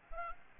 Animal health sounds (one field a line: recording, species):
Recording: mosquito wingbeat signal from an infrared sensor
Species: Aedes albopictus